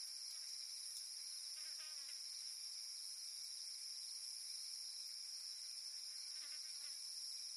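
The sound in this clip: Cicada buzz running steadily at high pitch, with a couple of brief faint lower chirps from another creature breaking through twice.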